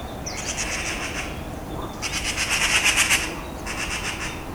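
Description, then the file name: Eurasian magpie chattering: harsh, rapid rattling bursts, three rattles of about a second each. "Pica pica"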